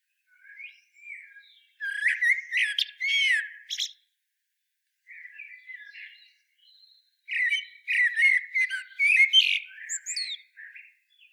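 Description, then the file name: Common blackbird song: a few soft whistled notes, then loud warbled phrases separated by a pause, each ending in squeaky high twittering. "Turdus merula"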